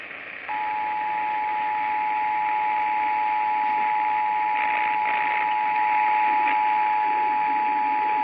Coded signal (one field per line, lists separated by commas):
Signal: Emergency Alert System (SAME) tones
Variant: 853 and 960 Hz attention tone